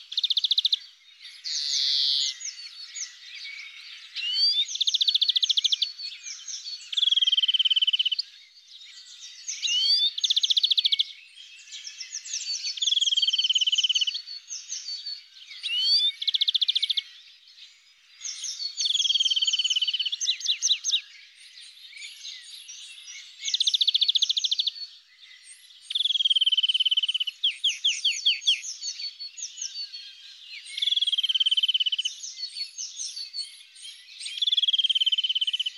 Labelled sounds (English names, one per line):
European Greenfinch song